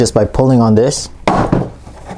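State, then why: Released. Someone talks while pulling on the folding plastic part of a Husqvarna 455 Rancher chainsaw carrying case to collapse it. The piece snaps out with a sharp snap at 1.3 s, releasing it.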